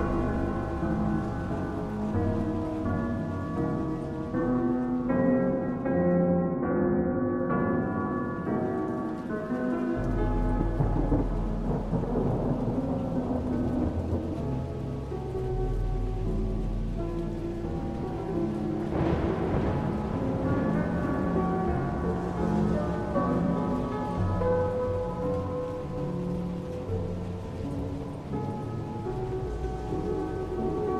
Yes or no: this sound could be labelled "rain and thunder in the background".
yes